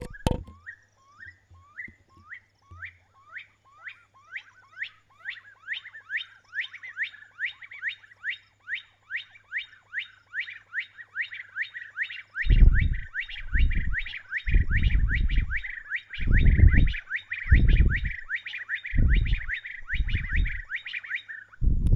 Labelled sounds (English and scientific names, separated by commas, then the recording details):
Stone Partridge (Ptilopachus petrosus)
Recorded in northern Uganda